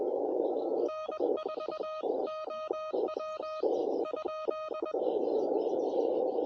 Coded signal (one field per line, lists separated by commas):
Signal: Morse code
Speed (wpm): 21 wpm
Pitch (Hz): 1250 Hz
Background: radio noise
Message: N4OW ?